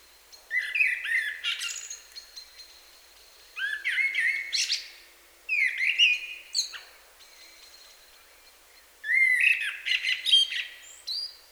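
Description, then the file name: Common blackbird song: four mellow, warbled phrases each ending in high squeaky twitters, separated by pauses. "Turdus merula"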